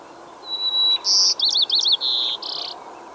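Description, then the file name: White-crowned sparrow singing one full phrase: a thin high whistle, a buzzy note, a short run of slurred chevron notes, then a steady note and a final buzzy note, over a low hiss. "White crowned Sparrow Zonotrichia leucophrys"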